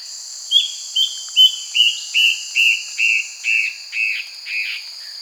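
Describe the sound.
Yellow-browed antbird singing a series of about ten whistled notes that slide gradually lower and slow slightly, over a steady high insect drone.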